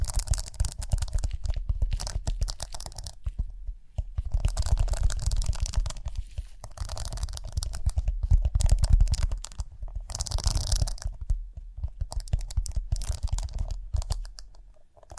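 Scratching and brushing over rhinestones come in dense, rough bursts with brief pauses, with a steady low rumble running underneath throughout.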